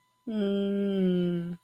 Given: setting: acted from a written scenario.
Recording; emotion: vocal sound without words; realization